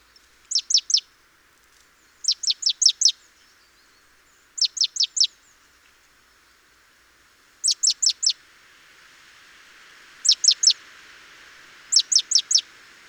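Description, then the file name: Great tit calling in short rapid runs of a few high, steeply descending notes, repeated every few seconds over a soft background hiss. "Parus major"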